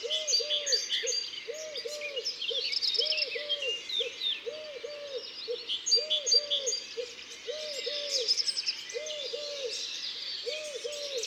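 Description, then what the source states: Eurasian collared dove cooing in repeated three-note phrases over a busy chorus of high twittering songbirds. Recorded in Isère, France.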